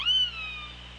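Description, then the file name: Orca call, a single short upswept squeal with bright harmonics that fades gradually over a hiss and a steady low hum. Recorded on the OrcaLab hydrophone, 24 August 2017 at 16:01. "Orca Lab UTLN JASON 20170824 160142"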